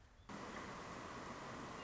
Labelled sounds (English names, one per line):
Red-shouldered Hawk